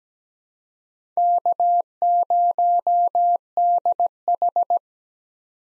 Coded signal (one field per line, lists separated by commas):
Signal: Morse code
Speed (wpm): 17 wpm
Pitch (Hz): 700 Hz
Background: none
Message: K0DH